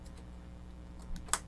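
A plastic terminal block that had been badly clipped is pushed back onto a metal DIN rail. After faint ticks, a small tap sounds at 1.2 s, then a sharp click at 1.3 s as it seats home. The block is confirmed seated.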